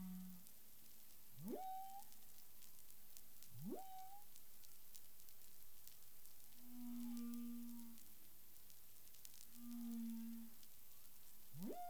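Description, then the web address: Humpback whale calls: a brief low tone, two rising whoop-like upsweeps, then two level, humming low moans, then another upsweep, with steady background hiss. Recorded 13 February 2021 at 10:05 UTC. "CARIMAM. humpback whale"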